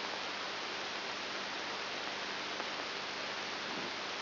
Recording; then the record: brain microelectrode recording played as sound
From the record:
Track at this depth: inside the subthalamic nucleus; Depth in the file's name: 5.901 mm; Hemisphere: left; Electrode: 3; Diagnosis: Parkinson's disease